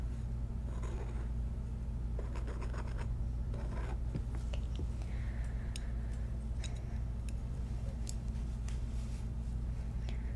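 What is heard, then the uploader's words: Scalp massage, with soft scratching and rubbing sounds coming in short, irregular bursts throughout. A steady low hum runs underneath the whole time, and a faint whistling tone rises briefly around the middle. ASMR Relaxing Scalp Massage.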